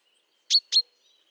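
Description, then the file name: Common chaffinch giving two sharp, metallic 'pink' calls in quick succession, bright and high-pitched, over a quiet background. "Fringilla coelebs"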